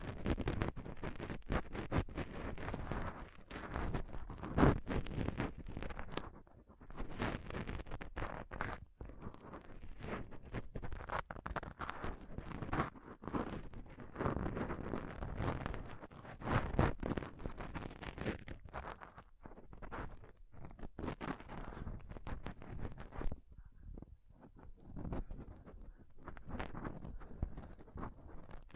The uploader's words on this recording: ASMR Intense Mic Scratching & Touching Close-Up Mic Sounds (No Talking).